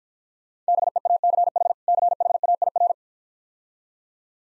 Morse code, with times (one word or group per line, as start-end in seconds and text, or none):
0.7-1.7 BEACH
1.9-2.9 CHAIR